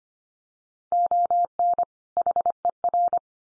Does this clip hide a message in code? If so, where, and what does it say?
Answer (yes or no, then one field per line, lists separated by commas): yes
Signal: Morse code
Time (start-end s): 0.9-3.2 s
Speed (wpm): 25 wpm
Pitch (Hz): 700 Hz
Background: none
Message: ON HER